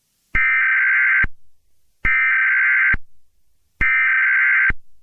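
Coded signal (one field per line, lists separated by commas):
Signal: Emergency Alert System (SAME) tones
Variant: header bursts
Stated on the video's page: Mock or remake of an EAS alert.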